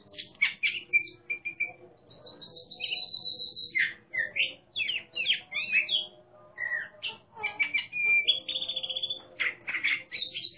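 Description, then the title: Oriental magpie-robin delivering varied song, sharp clipped notes, drawn whistles and rasping squawks in uneven bursts throughout. Competition songbird described as a national champion, singing in ngeplong style, in full voice (gacor). "burung berkicau Kacer Ngeplong gacor Juara Nasional. burung Kacer"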